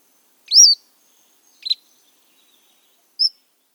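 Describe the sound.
Cordilleran Flycatcher calls: a thin, high upslurred whistle, then a sharp clipped note, then a brief high seet, each separated by one to one and a half seconds, in a quiet background.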